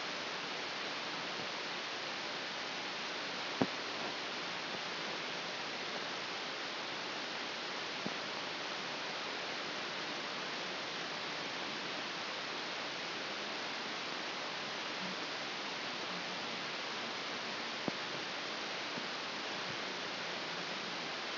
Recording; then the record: brain microelectrode recording played as sound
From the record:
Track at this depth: inside the subthalamic nucleus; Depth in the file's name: 6.309 mm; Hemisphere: left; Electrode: 2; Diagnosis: Parkinson's disease